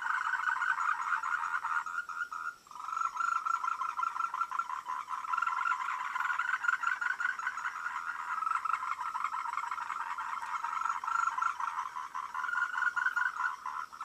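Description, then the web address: Frog chorus of overlapping rattling croaks, briefly dipping near the start, then building into a thick, unbroken trill. "voice cam frogs"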